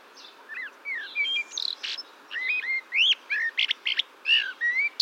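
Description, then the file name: Eurasian blackbird with a busy string of sliding whistles and sharp high chirps. "Turdus merula"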